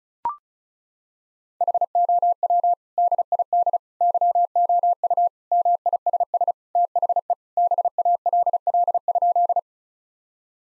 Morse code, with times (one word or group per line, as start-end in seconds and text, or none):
1.6-2.7 HOW
3.0-3.8 DID
4.0-5.3 YOU
5.5-6.5 MISS
6.8-7.3 THE
7.6-9.6 BALL?